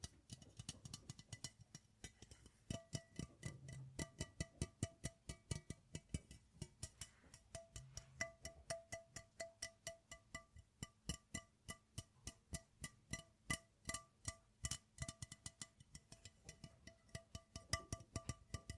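Tapping on metal, wood, plastic and glass in quick, uneven runs of sharp clicks, sometimes several per second, with short pauses between bursts. Some taps ring with a bright, held tone while others are dull knocks, and a faint low rumble sits underneath.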